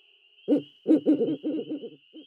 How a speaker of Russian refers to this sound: Последовало длительное молчание. С какого-то дерева ухнула сова.